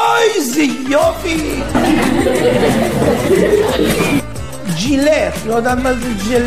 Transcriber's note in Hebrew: הקהל צוחק